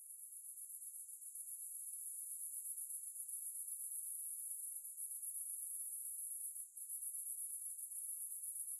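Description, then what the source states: Cicadas give a continuous, very high shrill buzz that pulses rapidly, with one brief dip and nothing else audible. Cicada ambience.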